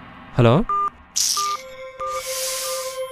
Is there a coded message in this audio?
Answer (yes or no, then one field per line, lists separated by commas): no